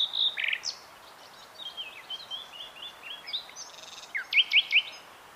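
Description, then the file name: Common nightingale song with varied whistled phrases, a chain of liquid slurred notes, then three loud sharp rising notes near the end. "Luscinia megarhynchos"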